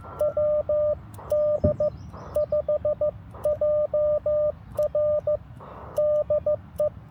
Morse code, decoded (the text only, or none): WD5JR DE